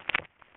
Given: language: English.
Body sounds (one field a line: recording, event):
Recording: throat vibration sensor signal played as sound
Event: swallow